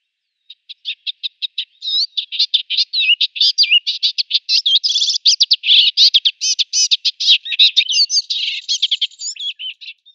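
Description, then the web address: Western olivaceous warbler song: a long, fast, scratchy chatter of varied high notes, starting with spaced notes and speeding up into a continuous jumble. "Schulze Peter Western Olivaceous Warbler song"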